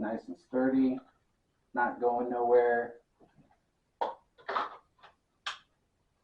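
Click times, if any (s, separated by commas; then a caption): 5.5 s. A pistol is pushed down into a polymer Blackhawk Serpa level 2 retention holster until the retention latch catches. Someone talks first, then a few short handling knocks follow around 4.0–4.6 s. A sharp click at 5.5 s marks the gun locking into place.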